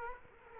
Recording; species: mosquito wingbeat signal from an infrared sensor; Culex quinquefasciatus